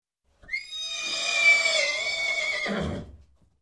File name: Horse Neigh